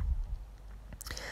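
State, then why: Seated. A plastic finger is fitted onto an adjustable nail training hand and pushed into its small clicker mechanism. After some faint low rumble and soft ticks, sharp clicks land at about 1.0 s and 1.2 s as the finger seats in its socket and stays in place.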